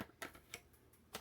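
The plastic separator and dust chamber of a Shark Ultra Cyclone Pet Pro handheld vacuum are being pushed back into the vacuum body. Three short, sharp plastic knocks are heard at about 0.2, 0.5 and 1.2 seconds over a quiet background. The part is still being handled and nothing has seated or clicked into place yet.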